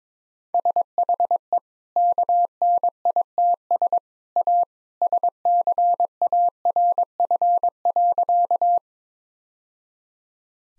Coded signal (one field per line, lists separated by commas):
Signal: Morse code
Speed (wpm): 21 wpm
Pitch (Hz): 700 Hz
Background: none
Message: SHE KNITS A SCARF.